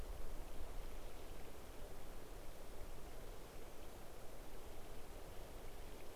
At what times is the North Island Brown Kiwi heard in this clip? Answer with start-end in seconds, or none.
none